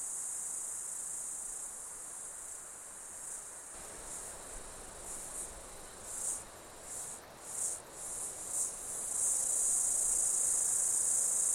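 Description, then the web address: Insects buzzing shrilly, the drone breaking into a series of pulsing bursts before swelling into a loud, steady chorus at the end. Insects during an Australian summer, outdoors. "Foundation 1 AMBIENCE AUSTRALIAN SUMMER INSECTS"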